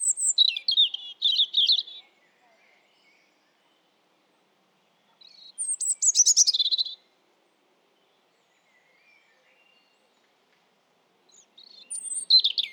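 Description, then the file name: European robin song: three brief phrases of high trills and thin whistles separated by several seconds of silence, the last cut off at the end. "Erithacus rubecula"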